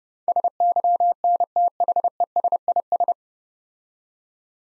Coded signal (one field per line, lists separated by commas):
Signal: Morse code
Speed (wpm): 28 wpm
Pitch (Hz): 700 Hz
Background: none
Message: SYNTHESIS